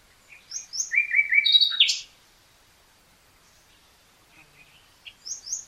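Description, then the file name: Common nightingale phrase of repeated low slurred notes rising to a sharp flourish, then near silence before soft notes and high piping restart. "Luscinia megarhynchos"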